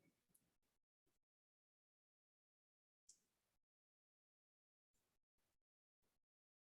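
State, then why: Seated. A zipper slider, metal or plastic, is worked onto the end of the zipper tape of a fabric pouch being sewn, with short bursts of handling noise between silences. After several tries it clicks sharply into place at 3.0 seconds and goes on.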